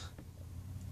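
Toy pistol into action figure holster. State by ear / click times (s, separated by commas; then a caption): not seated / none. A small plastic toy pistol is handled and pushed toward the plastic hip holster of a Walking Dead TV series 4 action figure, a holster that takes the pistol more easily than on earlier figures. Over a steady low hum, a single faint tap is heard at 0.2 s. Nothing has seated or clicked yet.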